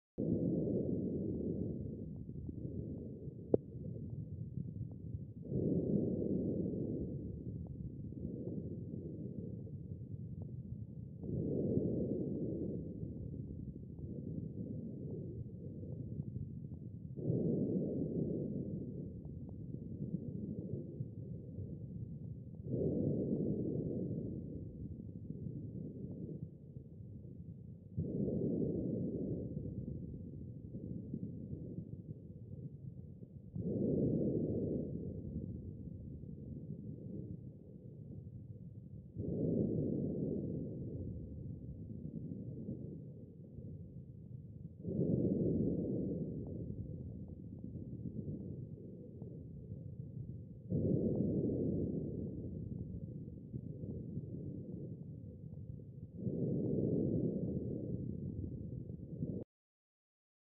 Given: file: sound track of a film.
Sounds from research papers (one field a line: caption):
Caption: Digitally recorded lung sound. Normal lung sound recorded with Skeeper SM-300®.